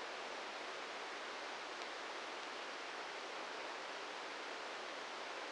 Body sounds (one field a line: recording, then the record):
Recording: brain microelectrode recording played as sound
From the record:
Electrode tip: outside the subthalamic nucleus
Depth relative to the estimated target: 1 mm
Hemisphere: left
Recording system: NeuroSet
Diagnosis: Parkinson's disease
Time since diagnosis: 13 years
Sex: male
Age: 66 years